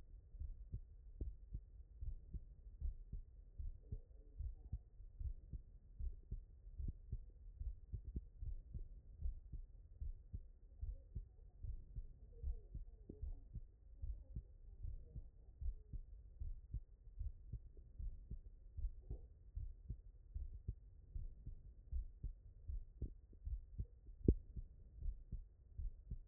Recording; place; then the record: heart sounds by stethoscope; tricuspid valve (TV)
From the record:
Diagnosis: non-HFrEF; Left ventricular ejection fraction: 69%